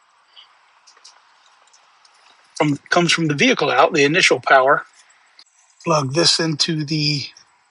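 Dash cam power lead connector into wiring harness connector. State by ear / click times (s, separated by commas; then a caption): not seated / none. The vehicle power lead connector is being handled as it is brought to the middle section of a Mangoal 4K front and 1080p rear dash cam power harness connector during installation in a 2020–2024 Ford Explorer. Someone talks over a quiet background with a few faint ticks near 1.1, 2.1 and 5.4 seconds. Nothing has seated or clicked yet.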